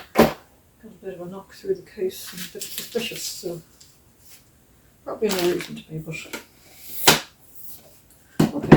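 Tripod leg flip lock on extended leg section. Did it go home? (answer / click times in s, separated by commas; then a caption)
yes / 8.4 s, 8.7 s. A tripod leg flip lock on an extended leg section of a newly unboxed K&F Concept tripod is snapped shut while someone talks. Sharp clicks at 8.4 s and 8.7 s mark the lock closing, showing the leg is locked and solid.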